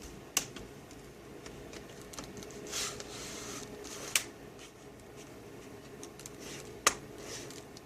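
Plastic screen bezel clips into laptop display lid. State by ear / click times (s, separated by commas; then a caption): seated / 0.4 s, 4.2 s, 6.9 s. After a new screen is fitted to an Inspiron 15 3521 laptop, the plastic screen bezel is pressed down all around its edge into the display lid. Three sharp snaps ring out at 0.4, 4.2 and 6.9 seconds over a steady low hiss, with a few fainter ticks in between. The bezel clips snap home and the bezel is seated in the lid.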